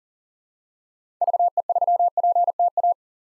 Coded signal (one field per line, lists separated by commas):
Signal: Morse code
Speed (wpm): 38 wpm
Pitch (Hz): 700 Hz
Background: none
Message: VE3PTA